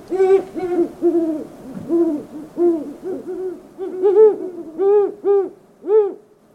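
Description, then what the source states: Great horned owl hoots: a steady run of deep hoots, with some higher-pitched hoots joining later in the sequence. Male and female pair; female flies in to join the male; male's hoots are lower in pitch than the female's.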